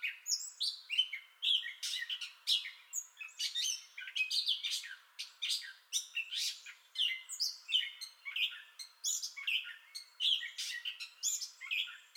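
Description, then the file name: Gray catbird singing a long, unbroken run of varied squeaky, scratchy and mewing phrases, jumbled and fast with short gaps between notes. Entire song bout, 30 May 2021. "2021-05-30 Gray Catbird Entire Song Bout"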